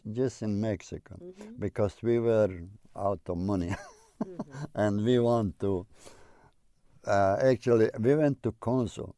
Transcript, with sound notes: Just in Mexico. Because we were out of money (he laughs) and we want to, actually we went to consul.